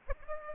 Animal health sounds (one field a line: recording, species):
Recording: mosquito wingbeat signal from an infrared sensor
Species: Aedes aegypti